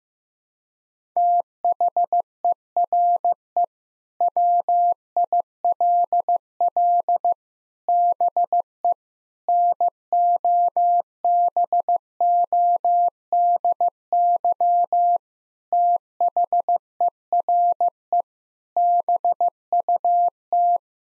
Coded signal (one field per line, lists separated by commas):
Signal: Morse code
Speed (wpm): 15 wpm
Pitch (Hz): 700 Hz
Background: none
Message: THERE WILL BE NOBODY THERE BUT